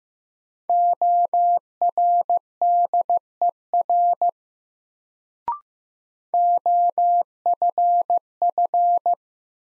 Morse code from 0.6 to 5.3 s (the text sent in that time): ORDER